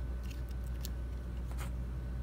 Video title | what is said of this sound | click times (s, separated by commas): AKASO Brave 4 - 4K Action Camera Review [Unboxing & Setup Guide] | That one snapped in there. | 0.9 s